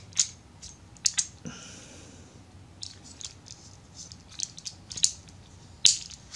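During the first transformation of an MP-17 Prowl plastic transforming robot figure, a red plastic part is worked into its slot on the figure. Sharp plastic clicks and taps come at about 0.2, 1.1, 1.2 and 5.0 seconds, with a brief hiss around 1.5 to 2 seconds. The part seats with a sharp snap at 5.9 seconds.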